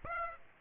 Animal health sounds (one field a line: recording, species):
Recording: mosquito wingbeat signal from an infrared sensor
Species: Aedes aegypti